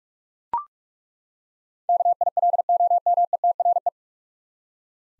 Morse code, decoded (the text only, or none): KILOMETRE